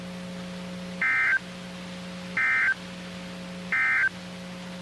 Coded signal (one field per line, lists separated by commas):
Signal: Emergency Alert System (SAME) tones